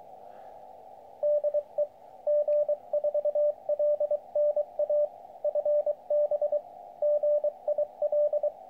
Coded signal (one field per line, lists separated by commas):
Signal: Morse code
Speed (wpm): 24 wpm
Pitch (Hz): 590 Hz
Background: radio noise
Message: DE G4LNA FB GIL